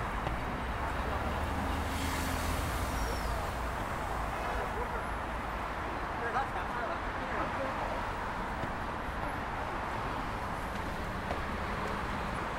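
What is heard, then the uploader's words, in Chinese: City sound: a steady, dense wash of traffic noise runs throughout, with a low rumble that is heavier in the first few seconds. Faint voices murmur underneath, and a brief higher sweep, like a passing vehicle, rises around two to three seconds. 坐在300快外晒太阳｜城市声音。很喜欢300快外公交，坐在二层的第一排，被太阳从头到脚晒着，很浪漫。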